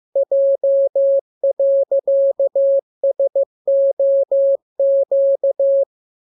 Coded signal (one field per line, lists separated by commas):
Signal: Morse code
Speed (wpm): 15 wpm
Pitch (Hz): 550 Hz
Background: none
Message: J.SOQ